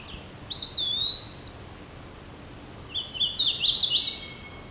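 Hooded warbler song of clear slurred phrases climbing higher, preceded by a long whistled note and a pause.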